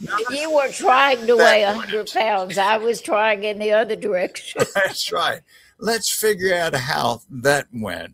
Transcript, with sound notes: You were trying to weigh 100 pounds; I was trying in the other direction! (laughs)
That’s right! Let’s figure out how that went.